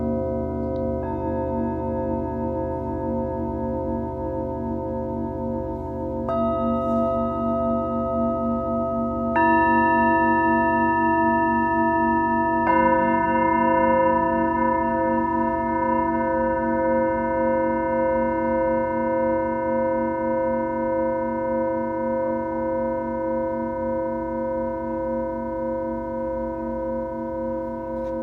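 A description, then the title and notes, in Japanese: Singing bowls ring in layered, sustained tones, with new strikes near 6, 9 and 13 seconds adding bright overtones over a steady low hum. 朝のメキシコより シンギングボウルのサウンドヒーリング。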